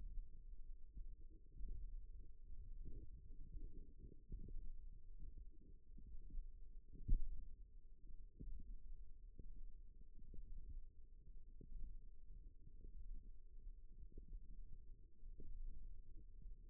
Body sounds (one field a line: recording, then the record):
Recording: forearm muscle sounds (acoustic myography)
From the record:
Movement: thumb flexion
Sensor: system 1, eight BSWA MPA416 microphones around the upper forearm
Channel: 8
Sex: female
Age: 20 years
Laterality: right